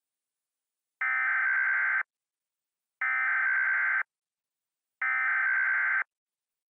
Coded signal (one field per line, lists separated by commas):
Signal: Emergency Alert System (SAME) tones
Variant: header bursts